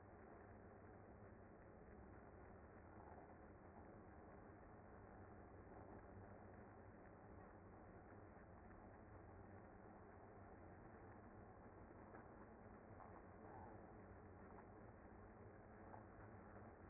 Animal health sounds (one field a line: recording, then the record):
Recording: honeybee colony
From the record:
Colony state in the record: active